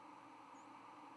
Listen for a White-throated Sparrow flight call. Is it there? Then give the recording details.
no. Another species' flight call is heard. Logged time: 05:12 on 10 November 2014